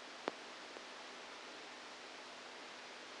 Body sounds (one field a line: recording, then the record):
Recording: brain microelectrode recording played as sound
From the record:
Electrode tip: outside the subthalamic nucleus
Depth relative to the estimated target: -5 mm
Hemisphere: right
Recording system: NeuroSet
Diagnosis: Parkinson's disease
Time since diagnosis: 7 years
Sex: female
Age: 68 years